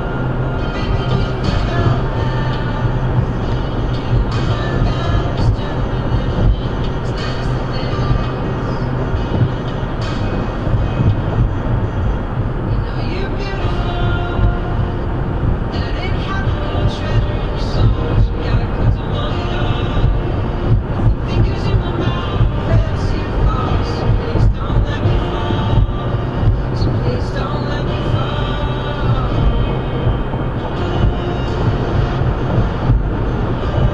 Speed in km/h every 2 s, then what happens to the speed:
137, 137, 137, 135, 137, 134, 135, 130, 130, 132, 132, 132, 132, 134, 140, 143, 147.
0-24 steady at about 134. 24-34 speeds up to 147.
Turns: none.